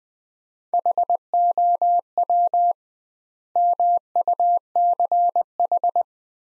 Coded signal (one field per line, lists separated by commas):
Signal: Morse code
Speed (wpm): 20 wpm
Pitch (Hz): 700 Hz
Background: none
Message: HOW MUCH